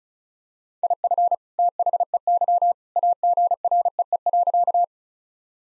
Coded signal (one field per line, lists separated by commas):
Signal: Morse code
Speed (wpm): 36 wpm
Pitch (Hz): 700 Hz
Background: none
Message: IF THEY AGREE.